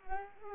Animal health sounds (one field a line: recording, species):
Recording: mosquito wingbeat signal from an infrared sensor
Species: Culex pipiens